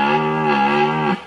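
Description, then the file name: Red deer roar, a steady low harmonic bellow held for about a second before cutting off abruptly. Red deer roaring during the rut. "rykowisko marciniak"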